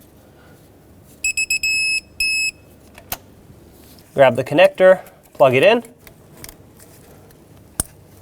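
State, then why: Seated. A wiring harness connector made of plastic is pushed onto the new crankshaft position sensor of a 2011-2016 Ford F-350 with the 6.2L V8. Someone talks over a series of electronic beeps, and a sharp, loud click comes at 7.8 seconds as the connector seats and locks in.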